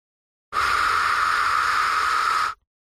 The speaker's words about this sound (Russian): Вот они смолкли окончательно. Белый шум.